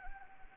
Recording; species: mosquito wingbeat signal from an infrared sensor; Anopheles arabiensis